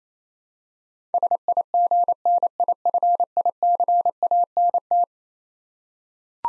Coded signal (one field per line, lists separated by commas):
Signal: Morse code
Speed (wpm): 27 wpm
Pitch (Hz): 700 Hz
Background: none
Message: SIGNIFICANT